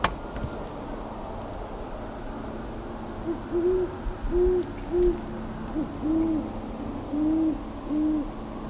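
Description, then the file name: Great horned owl calling with a run of low mellow hoots, roughly one every second after a quiet start, some faint overlapping notes behind. "Great Horned Owl - Bubo virginianus"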